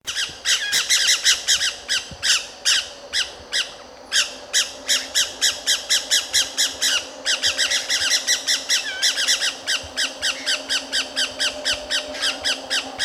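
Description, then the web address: Pyrrhura parakeet squawks: harsh, grating calls repeated rapidly and almost continuously, over a low steady hum. "parrots pyrrhura"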